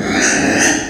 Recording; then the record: squeal of a Yucatan mini pig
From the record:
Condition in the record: before surgery on the right vocal fold (resection and tissue-engineered implant); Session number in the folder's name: 3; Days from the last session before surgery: 0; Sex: female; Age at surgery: 19 weeks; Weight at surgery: 25 kg